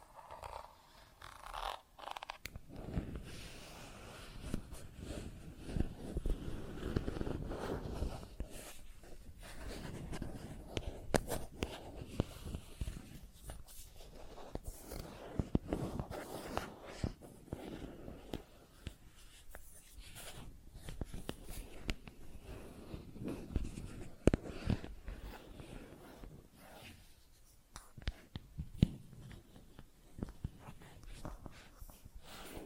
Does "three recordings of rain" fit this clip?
no